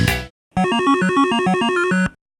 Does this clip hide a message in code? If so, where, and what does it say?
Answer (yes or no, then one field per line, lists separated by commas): no